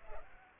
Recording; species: mosquito wingbeat signal from an infrared sensor; Culex pipiens